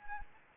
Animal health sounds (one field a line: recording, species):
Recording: mosquito wingbeat signal from an infrared sensor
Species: Anopheles gambiae